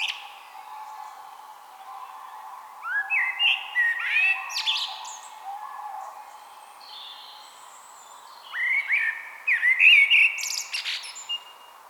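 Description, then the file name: Common blackbird song: two mellow, fluty warbled phrases, each ending in a thin, high, squeaky twitter, separated by a pause, over a steady low hum. "Turdus merula"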